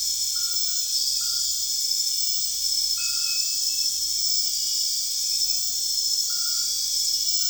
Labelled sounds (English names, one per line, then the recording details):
none
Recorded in secondary vegetation near Puerto Asís, Putumayo, Colombia, on 25 June 2025 at 23:30
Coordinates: 0.485, -76.322
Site GP06